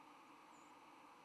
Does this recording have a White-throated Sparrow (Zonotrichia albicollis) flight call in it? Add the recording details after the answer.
yes. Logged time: 07:59 on 10 November 2014